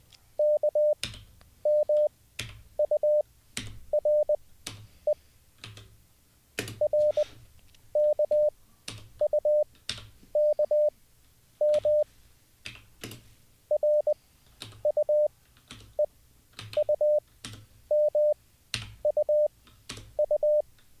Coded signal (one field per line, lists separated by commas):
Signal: Morse code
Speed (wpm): 20 wpm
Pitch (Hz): 600 Hz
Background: none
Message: KMURE RKUKM RUEUMUU